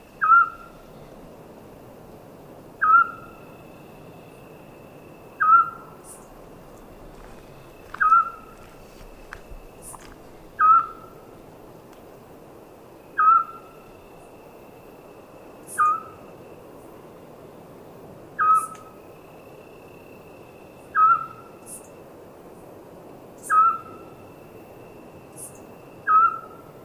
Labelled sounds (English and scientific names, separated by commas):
Eurasian Scops Owl (Otus scops)